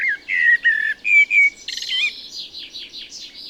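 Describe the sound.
Common blackbird song: clear, whistled, fluty notes that run into a long, rapid, squeaky twitter at the end of the phrase.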